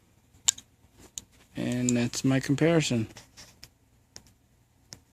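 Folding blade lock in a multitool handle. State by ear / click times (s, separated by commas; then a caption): released / 0.5 s, 1.2 s. The lock button on a folding blade lock in a multitool handle (Leatherman 300 or Multitasker Series 3) is pushed down to release the locked blade, giving sharp clicks at 0.5 s and 1.2 s. Someone then talks, and a few fainter ticks follow near 3.6 s, 4.2 s and 4.9 s. The blade lock is released.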